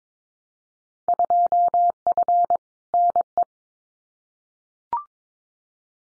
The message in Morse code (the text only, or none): 2F NE